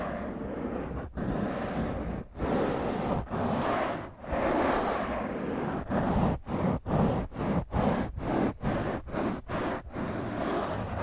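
Rough scratching of fingernails across a microphone, a dense, gritty rasp filling everything from low rumble to bright hiss. Strokes start slow, about one per second, with brief gaps between them, then speed up after six seconds into quick, regular scrapes of roughly two per second.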